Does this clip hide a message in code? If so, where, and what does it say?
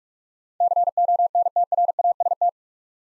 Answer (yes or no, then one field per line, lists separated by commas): yes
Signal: Morse code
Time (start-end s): 0.6-2.5 s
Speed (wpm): 44 wpm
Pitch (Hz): 700 Hz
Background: none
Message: CONTRAST